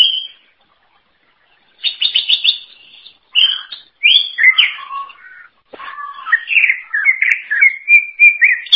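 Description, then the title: Greater green leafbird song mixing buzzy chatter, slurred downward whistles and a varied warble that runs continuously toward the end. "Cucak ijo"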